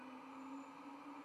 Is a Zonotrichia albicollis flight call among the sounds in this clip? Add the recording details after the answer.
no. No flight call is heard. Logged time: 00:41 on 11 November 2014